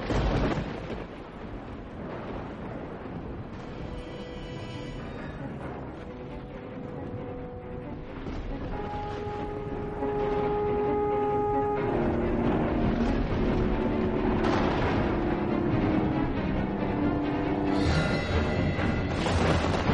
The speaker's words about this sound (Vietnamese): Đúng lúc một tiếng sét chói lòa vụt lên, mọi thứ sáng rực. Còn bé Mít đứng đó giữa nền trời sấm sét kinh hoàng.